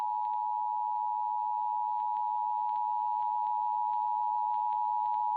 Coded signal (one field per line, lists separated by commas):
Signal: Emergency Alert System (SAME) tones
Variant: 853 and 960 Hz attention tone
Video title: Psi: The Awakening of the forgotten Giant Princess ~ An EAS scenario EX